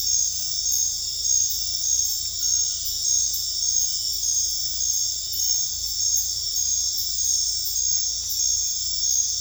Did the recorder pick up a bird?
no